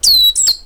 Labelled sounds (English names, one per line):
Stitchbird song